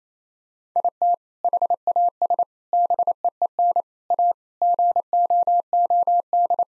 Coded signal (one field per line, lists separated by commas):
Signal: Morse code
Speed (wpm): 28 wpm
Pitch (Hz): 700 Hz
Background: none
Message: IT HAS BEEN A GOOD